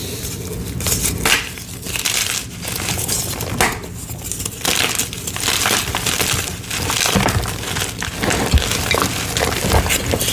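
Blocks of dyed gym chalk are crushed, giving a steady run of dry, crisp crunches and crumbles with no pauses. Sharper bright snaps stand out near 1, 2.5, 3.7 and 4.7 seconds, over a low rumble of pressing.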